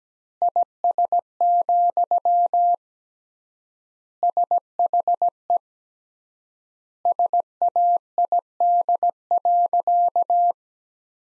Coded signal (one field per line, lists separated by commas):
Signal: Morse code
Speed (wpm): 17 wpm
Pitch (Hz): 700 Hz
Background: none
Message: IS, SHE SAID.